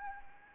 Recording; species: mosquito wingbeat signal from an infrared sensor; Anopheles arabiensis